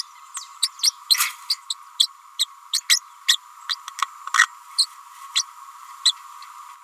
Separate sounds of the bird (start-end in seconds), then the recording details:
0.62-0.68, 0.83-0.91, 1.09-1.17, 1.50-1.55, 1.69-1.74, 1.99-2.08, 2.39-2.46, 2.73-2.82, 2.89-3.01, 3.28-3.38, 3.69-3.75, 4.34-4.46, 4.78-4.86, 5.35-5.44, 6.05-6.13. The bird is a female. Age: 29 days. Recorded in a nest box in Venezuela. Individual 17B31A3